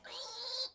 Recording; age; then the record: pig call; piglet (1 to 25 days)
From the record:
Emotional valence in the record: negative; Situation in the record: restrain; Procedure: back test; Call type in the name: high-frequency call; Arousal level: medium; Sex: male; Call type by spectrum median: high-frequency call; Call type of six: high-frequency stable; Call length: 0.76 s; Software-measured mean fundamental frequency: 434 Hz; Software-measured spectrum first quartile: 3688 Hz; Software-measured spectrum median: 4854 Hz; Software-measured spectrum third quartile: 9022 Hz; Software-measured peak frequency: 4186 Hz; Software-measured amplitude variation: 131 dB a second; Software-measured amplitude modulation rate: 19.2 a second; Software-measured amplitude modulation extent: 6.8 dB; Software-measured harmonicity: 3.7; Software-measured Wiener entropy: -2.31